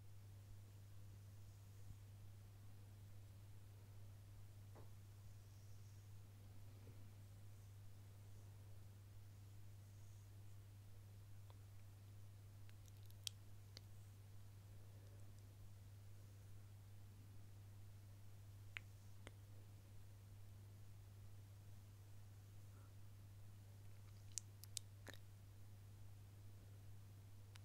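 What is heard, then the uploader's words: Gentle face brushing, very soft, sits under a steady low hum and faint hiss that run the whole way through. Light rustling comes and goes, with a few sharp ticks around the middle and a small cluster near the end. Gentle Face Brushing.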